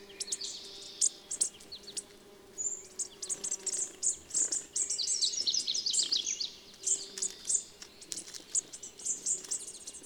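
Bird twittering in dense, high-pitched phrases of quick notes tumbling together, with a faint low hum behind.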